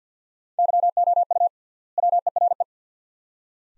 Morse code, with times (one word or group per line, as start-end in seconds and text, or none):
0.6-1.5 YOU
2.0-2.6 WERE